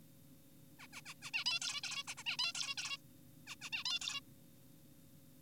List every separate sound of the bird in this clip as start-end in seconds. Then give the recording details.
0.80-0.87, 0.93-1.01, 1.06-1.14, 1.22-1.30, 1.34-1.44, 1.46-1.60, 1.62-1.81, 1.84-2.04, 2.08-2.14, 2.18-2.24, 2.26-2.37, 2.39-2.53, 2.55-2.75, 2.78-2.98, 3.47-3.56, 3.62-3.70, 3.73-3.84, 3.86-3.99, 4.02-4.20. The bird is an adult. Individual g4p5U